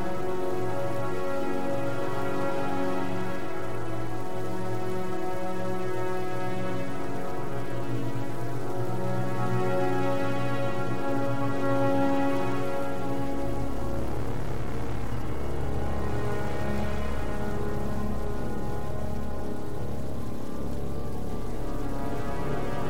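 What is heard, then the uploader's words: A steady, sustained drone holds throughout with a soft synth melody drifting above it, while rain patters underneath. Around thirteen seconds a deeper low rumble enters and stays to the end, thickening the bottom of the sound. Haunting and relaxing ambient track with RAIN sounds. The piece features a prominent drone and a ethereal synth melody, accompanied by the sound of rain to create a moody and introspective soundscape.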